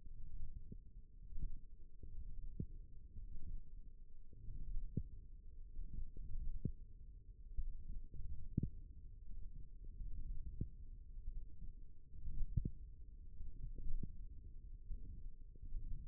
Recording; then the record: forearm muscle sounds (acoustic myography)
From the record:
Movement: hand closing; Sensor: system 1, eight BSWA MPA416 microphones around the upper forearm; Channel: 2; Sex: female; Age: 21 years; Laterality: right